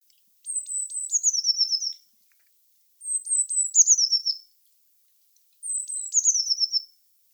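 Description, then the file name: Eurasian blue tit gives three similar calls, each a thin high note run dropping into a quick, rattling trill, repeated about every two and a half seconds. "Cyanistes caeruleus"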